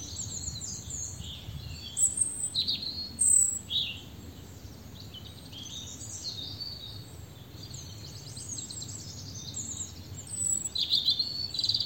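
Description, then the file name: European robin singing a long run of high, varied warbling phrases, thin whistles and brief trills, over a soft low background rumble. "Erithacus rubecula"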